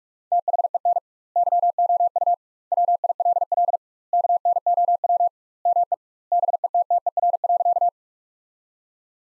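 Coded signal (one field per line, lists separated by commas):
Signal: Morse code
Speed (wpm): 46 wpm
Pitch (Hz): 700 Hz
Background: none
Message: THEN YOU WILL KNOW ME BETTER.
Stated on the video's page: Morse sentence practice at 45 wpm with double standard word spacing, a Farnsworth-like approach, using the top 400 words.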